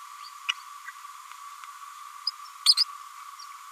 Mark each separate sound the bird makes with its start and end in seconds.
0.48-0.54, 2.26-2.30, 2.65-2.75